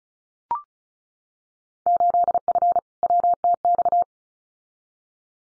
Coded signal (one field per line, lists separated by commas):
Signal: Morse code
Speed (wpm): 34 wpm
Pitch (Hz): 700 Hz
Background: none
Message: 8F WTX